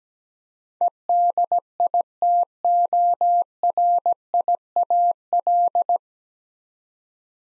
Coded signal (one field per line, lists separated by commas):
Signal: Morse code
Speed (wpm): 17 wpm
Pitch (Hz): 700 Hz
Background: none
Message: EDITORIAL